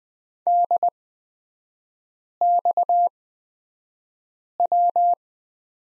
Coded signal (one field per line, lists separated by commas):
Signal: Morse code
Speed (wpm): 20 wpm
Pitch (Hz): 700 Hz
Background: none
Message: DXW